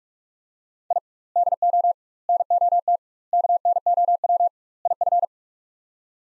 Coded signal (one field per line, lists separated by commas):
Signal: Morse code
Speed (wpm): 41 wpm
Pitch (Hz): 700 Hz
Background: none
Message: I DO NOT KNOW IF